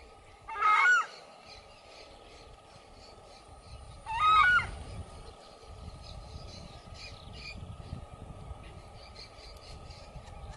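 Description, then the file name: Southern screamer calling twice with loud, nasal honks about three and a half seconds apart, then quieter faint calls and a constant hum. "canto da anhuma poca"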